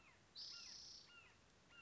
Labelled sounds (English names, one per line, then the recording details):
Spotted Towhee
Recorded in Sonoma County, California